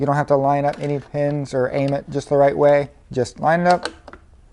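Someone talks while the magnetic charger plug is lined up with the charging port of a Go Go Elite Traveller 2 Platinum portable mobility scooter. Nothing has seated or clicked yet; the clip ends just before the plug snaps into the port.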